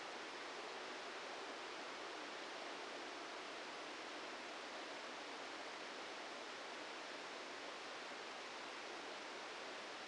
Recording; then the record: brain microelectrode recording played as sound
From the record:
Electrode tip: inside the subthalamic nucleus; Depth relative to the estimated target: -1 mm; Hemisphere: left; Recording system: NeuroSet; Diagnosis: Parkinson's disease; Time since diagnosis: 14 years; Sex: male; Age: 51 years